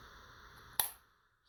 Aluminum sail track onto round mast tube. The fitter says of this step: with the tube it just snaps into place and that makes it really easy to get it parallel on the tube